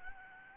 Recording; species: mosquito wingbeat signal from an infrared sensor; Aedes albopictus